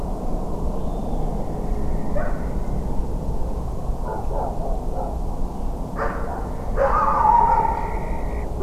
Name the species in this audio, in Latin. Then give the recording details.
Rallus aquaticus, Tyto alba. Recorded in France